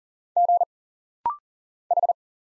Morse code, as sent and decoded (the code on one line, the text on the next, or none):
--. / ....
G H